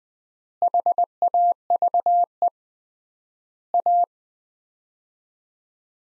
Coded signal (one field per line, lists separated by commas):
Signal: Morse code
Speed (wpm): 20 wpm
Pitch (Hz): 700 Hz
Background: none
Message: HAVE A